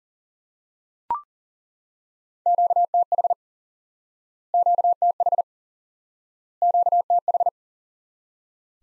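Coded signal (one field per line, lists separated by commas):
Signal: Morse code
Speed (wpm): 40 wpm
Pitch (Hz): 700 Hz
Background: none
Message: QTH QTH QTH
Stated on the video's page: Morse drill of common QSO elements for instant word recognition, single element repeated.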